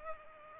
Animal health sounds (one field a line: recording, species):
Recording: mosquito wingbeat signal from an infrared sensor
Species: Culex pipiens